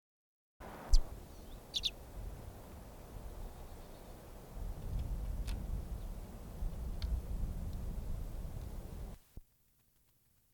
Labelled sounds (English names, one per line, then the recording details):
Common Redpoll call
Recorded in captivity
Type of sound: call
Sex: male
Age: adult
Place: Serrahn, Mecklenburg-Vorpommern, DE
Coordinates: 53.667, 12.347
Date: 1978-01-02
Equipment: Nagra III BH, Sennheiser MD 21
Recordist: Schubert, Michael
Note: Birkenzeisig gekäfigtes adult Männchen (Carduelis f. cabaret, 73mm, Schnabel 9,8mm)